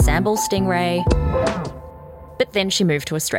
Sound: record scratch sound effect